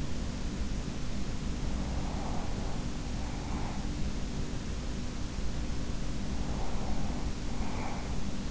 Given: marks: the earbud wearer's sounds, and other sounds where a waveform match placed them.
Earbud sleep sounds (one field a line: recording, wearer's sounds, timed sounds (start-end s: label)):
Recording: sounds in sleep by an in-ear microphone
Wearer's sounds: breath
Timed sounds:
1.83-4.02 s: breath
5.94-8.51 s: breath